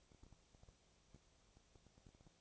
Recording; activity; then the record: daily activity, microphone in the room; no activity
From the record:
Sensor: 1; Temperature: 19.6 degrees Celsius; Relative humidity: 36.5%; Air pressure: 997.0 hPa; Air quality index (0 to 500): 204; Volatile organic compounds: 129 ppm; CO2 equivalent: 3921 ppm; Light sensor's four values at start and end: 1/2/1/1 and 1/2/1/1